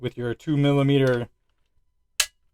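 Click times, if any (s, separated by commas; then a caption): 2.2 s. A 2mm Allen bit on an inch-pound torque wrench tightens the trigger adjustment screw in the frame of a SIG Sauer P226 X5 pistol with a 4-way adjustable trigger to the 15 inch-pound spec. Someone talks for the first 1.3 seconds, then after a quiet pause the wrench gives one sharp click at 2.2 s, showing the screw has reached the set torque.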